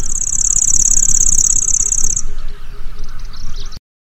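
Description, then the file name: Lanceolated warbler delivering an unbroken, very high, insect-like reeling trill for about two seconds, followed by a few faint sharp notes before the sound cuts off. Song and calls. "suara kicauan dan panggilan kecici lurik omkicau"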